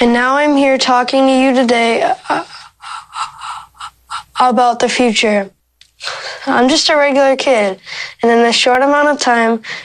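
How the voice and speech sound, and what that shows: A 13-year-old boy who has stuttered since he began speaking gives a taped speech at the Democratic National Convention. He gets stuck on some words, with a long block before moving on, and works through them using speech strategies learned in speech therapy since age 3.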